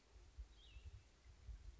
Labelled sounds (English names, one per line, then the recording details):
Cassin's Vireo
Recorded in Sonoma County, California